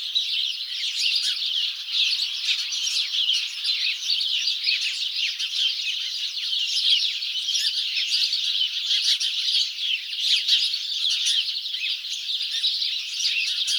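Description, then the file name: House sparrows in a loud flock chorus, countless short chirps overlapping into a constant, lively chatter from start to finish. "Passer domesticus"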